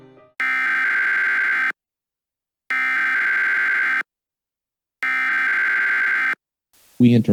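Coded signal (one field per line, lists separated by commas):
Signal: Emergency Alert System (SAME) tones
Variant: header bursts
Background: speech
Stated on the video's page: Fictional EAS scenario about hostile aliens, not a real alert.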